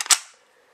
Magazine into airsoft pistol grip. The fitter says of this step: going to make a nice click sound and you can you can feel it click in and it's got a really nice feeling to it